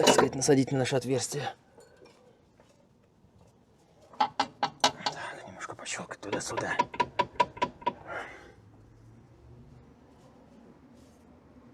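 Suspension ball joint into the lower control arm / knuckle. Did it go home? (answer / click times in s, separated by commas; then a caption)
yes / 7.4 s. A new suspension ball joint is fitted into the lower control arm and steering knuckle of a car while someone talks. The joint is worked back and forth, producing a series of sharp metallic knocks from about 4.2 s onward. It snaps home with an audible click at 7.4 s and is seated in place.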